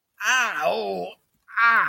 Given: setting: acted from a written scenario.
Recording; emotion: vocal sound without words; pain